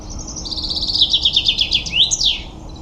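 Common chaffinch singing one rattling phrase of rapid repeated notes stepping downward, closing with a sharp rising-then-falling flourish, over a quiet background hiss.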